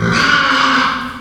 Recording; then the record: squeal of a Yucatan mini pig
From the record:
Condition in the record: after surgery on the right vocal fold (resection and tissue-engineered implant); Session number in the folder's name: 15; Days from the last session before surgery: 175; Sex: female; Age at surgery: 19 weeks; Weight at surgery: 25 kg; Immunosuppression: prednisolone